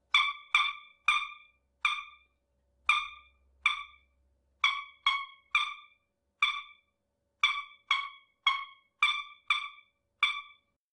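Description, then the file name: Coot calling, about sixteen short, sharp, harmonic notes at irregular intervals of about half a second to a second. "Coot Bird"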